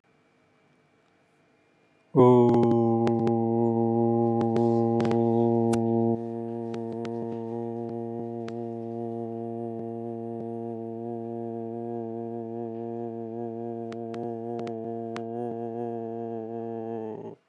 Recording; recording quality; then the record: sustained vowel as in boot; moderate, slight background noise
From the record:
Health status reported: healthy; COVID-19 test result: negative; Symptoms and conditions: cold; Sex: male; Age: 48 years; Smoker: not ticked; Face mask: worn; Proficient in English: yes